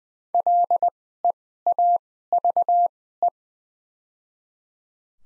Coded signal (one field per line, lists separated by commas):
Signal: Morse code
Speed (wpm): 21 wpm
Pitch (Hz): 700 Hz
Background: none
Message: LEAVE